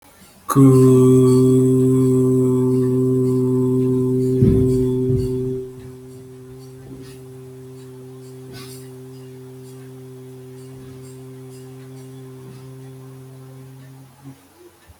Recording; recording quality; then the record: sustained vowel as in boot; moderate, slight background noise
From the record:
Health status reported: healthy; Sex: male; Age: 27 years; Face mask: not worn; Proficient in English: yes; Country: India